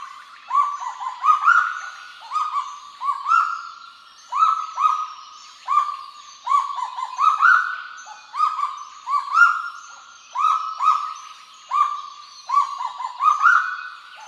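Kagu calling steadily: many rising, sustained nasal notes repeated in a long series, keeping an even pitch.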